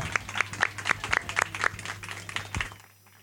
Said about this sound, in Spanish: Y con esto les damos una despedida y un aplauso a pues nuestras invitadas.